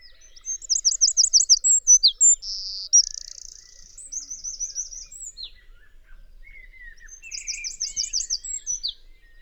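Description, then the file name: Eurasian wren giving a loud, rapid, high song of sharp trills and a buzzing rattle, followed by quieter twittering and a second trill. "Troglodytes troglodytes"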